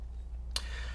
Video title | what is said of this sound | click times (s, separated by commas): Warrior Paintball Microbore Remote Kit w/ Slide Check - Review | into place you know it's locked on when you hear it snap on so | 0.6 s